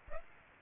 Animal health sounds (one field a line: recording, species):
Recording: mosquito wingbeat signal from an infrared sensor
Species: Aedes aegypti